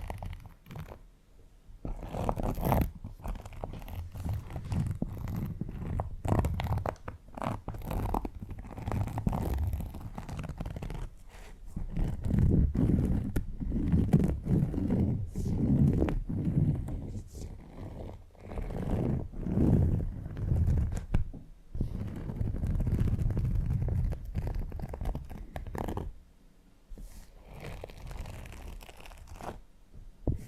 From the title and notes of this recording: TimASMR-Needle Fingers & Textured Leather Scratching (NO TALKING).